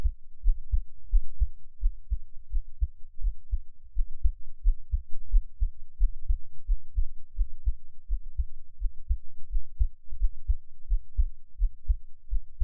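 Steady, regular low thumps in paired lub-dub beats at roughly 80 beats a minute, with a soft low hum beneath. This is an adult's heartbeat, picked up close with an NT5 microphone, with an even rhythm throughout.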